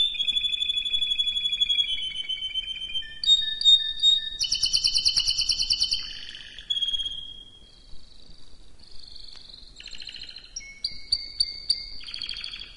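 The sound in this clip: Canary singing varied phrases: rolling trills, clipped repeated chips and long whistles, with a quieter pause near the middle before it resumes.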